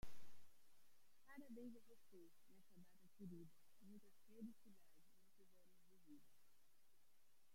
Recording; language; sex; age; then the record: short text; Brazilian Portuguese; female; 30 to 39 years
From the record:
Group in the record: control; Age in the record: 36 years